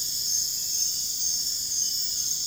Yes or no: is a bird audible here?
no